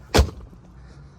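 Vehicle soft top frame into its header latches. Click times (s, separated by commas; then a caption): 0.4 s. After a 21 Offroad gas strut assist kit is fitted to a 2021+ Ford Bronco, the factory soft top is pulled down hard so its frame locks into the front header latches. A loud, sharp slam at about 0.2 s is followed by a short click at 0.4 s, then a quiet low rumble. The soft top latches click into place and the top is seated.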